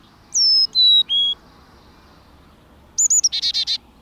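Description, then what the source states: Carolina Chickadee whistles three clear notes stepping down in pitch, then after a pause gives a quick chick-a-dee call ending in several buzzy dee notes. Holds sway in the southeast; close cousin of the black-capped chickadee; calls chickadee with its own regional accent.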